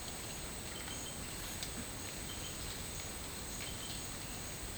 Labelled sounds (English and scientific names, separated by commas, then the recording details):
none
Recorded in secondary vegetation near Puerto Asís, Putumayo, Colombia, on 21 March 2025 at 13:30
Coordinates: 0.502, -76.326
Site G100